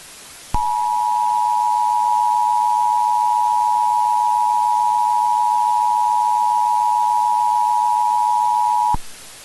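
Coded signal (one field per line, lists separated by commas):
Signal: Emergency Alert System (SAME) tones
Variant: 853 and 960 Hz attention tone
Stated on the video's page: Fictional EAS scenario.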